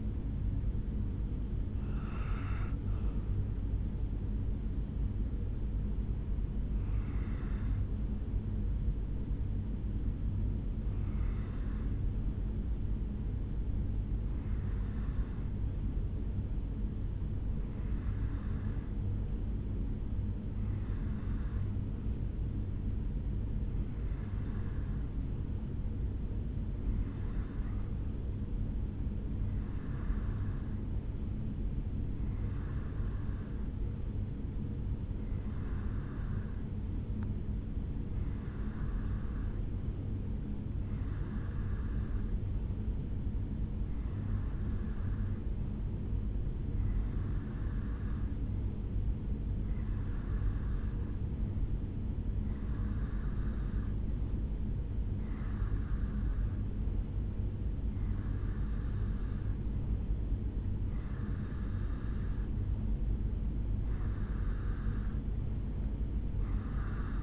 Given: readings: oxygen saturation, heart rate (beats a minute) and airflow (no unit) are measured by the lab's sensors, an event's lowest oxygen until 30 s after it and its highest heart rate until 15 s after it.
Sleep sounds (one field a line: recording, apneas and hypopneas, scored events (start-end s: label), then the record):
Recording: breathing in sleep by a smartphone at the bedside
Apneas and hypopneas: 1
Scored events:
13.00-54.40 s: hypopnea (N1, oxygen 97% highest, then 90% lowest, heart rate 64 at the start, 74 highest)
16.00-67.22 s: new sleep stage, N2 (light sleep)
From the record:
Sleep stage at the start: N1 (lightest sleep)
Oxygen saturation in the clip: 89 to 97%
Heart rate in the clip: 62 to 74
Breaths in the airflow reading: 20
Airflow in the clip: -3.1 to 4.8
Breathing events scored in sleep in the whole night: 449 in 7.0 hours asleep